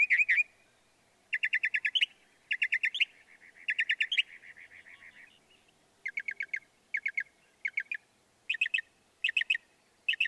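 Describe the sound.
Northern mockingbird song: buzzy clustered phrases repeated in groups of several notes, each group separated by short pauses.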